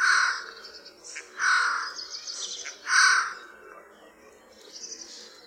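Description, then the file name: Eurasian jay giving harsh, rasping screeches, three loud bursts about one and a half seconds apart, followed by softer scratchy notes. "SOJKA"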